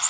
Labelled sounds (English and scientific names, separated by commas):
Magnolia Warbler (Setophaga magnolia) flight call